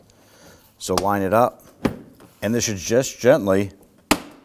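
Someone talks while the plastic pins of a plastic door trim panel are lined up and the panel is gently pressed onto the front door of a 2015-2020 Ford F-150 truck. At 4.1 s a plastic retainer clip snaps into the door with one sharp, loud snap, and the panel clip is seated.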